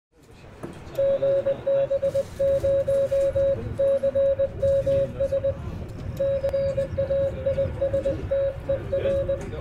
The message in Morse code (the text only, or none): GB0CMS CAISTER